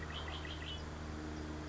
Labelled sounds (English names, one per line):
Red-winged Blackbird